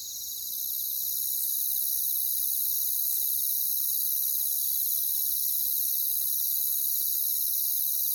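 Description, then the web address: Crickets fade in quickly, then keep a constant high, shimmering trill through to the end. "Echoes of Nature - Jungle Talk Crickets"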